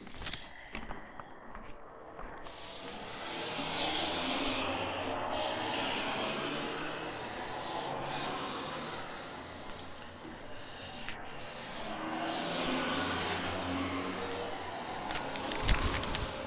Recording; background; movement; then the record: deep breathing; traffic; walking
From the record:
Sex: female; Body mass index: 25.5 kg/m2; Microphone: on the chest, facing the body